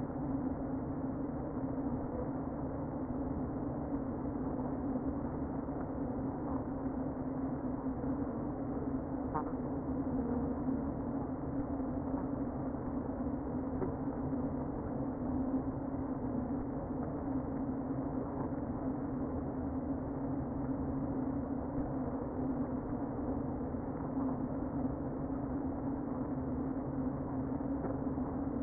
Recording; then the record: honeybee colony, microphone inside the hive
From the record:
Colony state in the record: queen present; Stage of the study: before two queens were removed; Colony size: about 60,000 bees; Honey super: yes